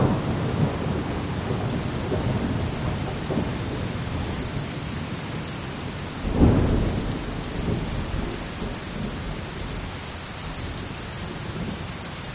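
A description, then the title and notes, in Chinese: Steady, calm rain falls in a dense, even hiss that stays constant across the whole recording. Low thunder rumbles underneath throughout, swelling into a stronger roll around the middle before fading back to a grumble. 助眠雷雨声：平静的雨。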